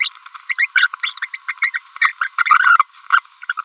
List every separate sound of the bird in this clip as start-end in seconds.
0.00-0.09, 0.50-0.66, 0.76-0.87, 1.00-1.13, 1.34-1.37, 1.49-1.52, 1.62-1.69, 1.74-1.78, 2.02-2.12, 2.21-2.27, 2.38-2.82, 3.49-3.52, 3.58-3.63